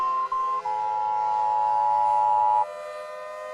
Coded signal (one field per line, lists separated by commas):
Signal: Emergency Alert System (SAME) tones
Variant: 853 and 960 Hz attention tone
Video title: Reacting To The Alternate Universe:An EAS Scenario